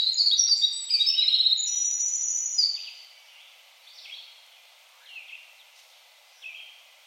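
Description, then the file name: Winter wren song: a rapid, tumbling cascade of high trills and twitters for about three seconds, then a few fainter scattered high notes. Rib Mountain State Park, 3 July 2021. "2021-07-03 Winter Wren Rib Mountain SP"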